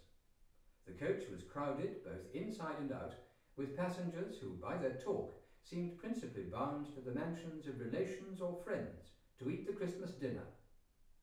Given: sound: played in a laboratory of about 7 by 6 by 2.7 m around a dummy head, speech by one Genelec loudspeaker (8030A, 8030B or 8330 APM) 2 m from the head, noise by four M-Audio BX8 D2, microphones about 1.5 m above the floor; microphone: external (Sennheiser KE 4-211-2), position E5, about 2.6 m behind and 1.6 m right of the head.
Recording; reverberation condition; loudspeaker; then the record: male speech in English; medium; 30 degrees to the left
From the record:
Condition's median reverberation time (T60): about 510 ms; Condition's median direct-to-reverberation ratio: about -0.5 dB